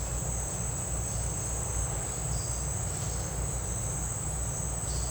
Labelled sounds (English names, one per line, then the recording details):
none
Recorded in dense forest near Puerto Asís, Putumayo, Colombia, on 20 December 2024 at 10:00
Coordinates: 0.468, -76.322
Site G071